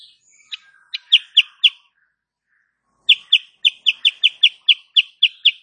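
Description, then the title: Sooty-headed bulbul giving bright, high chirps in quick succession, a short pause, then a longer evenly spaced run of about a dozen rapid notes. Female bird, caged; recording used as a master song for training cage birds; singing described as gacor, nembak rapat. "Masteran Kutilang Sutra. Kutilang SUTRA BETINA GACOR nembak RAPAT"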